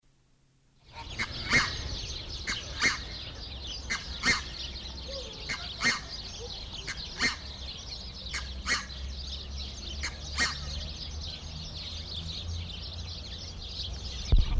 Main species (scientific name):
Branta ruficollis